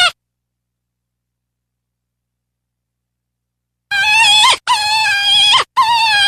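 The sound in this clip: Deer fawn distress bleats: a brief cry at the start, then after silence three loud, strained, harmonic bleats in quick succession, each slightly wavering.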